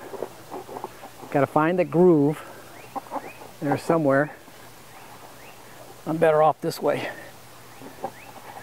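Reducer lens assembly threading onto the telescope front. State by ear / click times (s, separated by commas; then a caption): not seated / none. A Starizona HyperStar reducer lens assembly is being turned and lined up against the front of a Celestron 11" EdgeHD telescope while someone talks, searching for the thread groove. Faint scrapes and taps of handling are heard, and nothing has seated or clicked yet.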